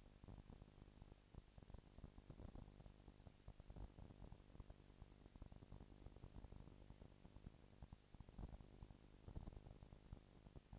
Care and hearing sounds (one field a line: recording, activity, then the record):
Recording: daily activity, microphone in the room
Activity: no activity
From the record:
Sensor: 5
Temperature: 19.8 degrees Celsius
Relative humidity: 36.7%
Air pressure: 997.1 hPa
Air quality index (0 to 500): 169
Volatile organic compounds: 14 ppm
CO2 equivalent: 2439 ppm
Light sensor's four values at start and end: 2/3/1/1 and 2/3/1/1